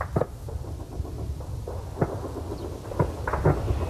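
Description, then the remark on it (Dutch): Gunfire from a US Army exercise: several dull, booming shots at irregular intervals over a steady low rumble, with no voices. “Op de achtergrond hoor je de schoten van het Amerikaanse leger dat hier ook oefent.”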